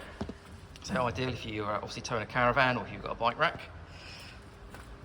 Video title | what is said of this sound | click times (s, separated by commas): Vw Passat GT Estate | which you just lock into place | 0.2 s